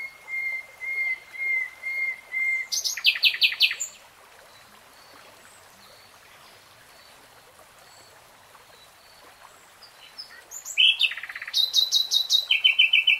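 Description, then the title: Nightingale song: a series of pure whistled notes on one pitch, then rapid rattling trills, a pause of several seconds, and more fast repeated phrases. Nightingale singing, recorded in real time. "[Tiếng chim hót] 3 Hours REALTIME Nightingale Singing"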